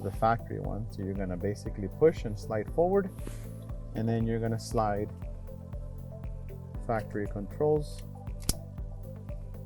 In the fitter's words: right in there snaps right in driver's side and